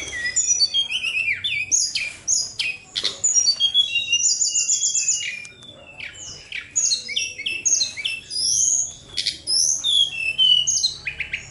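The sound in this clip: Bird song packed with varied whistles, chattering phrases, rising and falling slurs and one drawn-out buzzy trill, sung energetically with only brief gaps.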